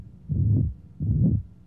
The high-frequency holosystolic murmur that's heard best along the left sternal border of a congenital ventricular septal defect.